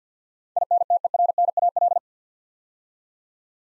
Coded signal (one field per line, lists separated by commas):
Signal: Morse code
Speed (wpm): 47 wpm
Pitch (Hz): 700 Hz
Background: none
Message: INTERNAL